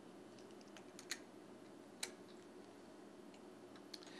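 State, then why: Seated. The plastic piece of an IV infusion set is pushed into the side of a Jemstar infusion pump until it locks. Two sharp, bright snaps stand out over a steady low background hiss at 1.1 s and 2.0 s, with fainter ticks around them. The piece seats and locks in place.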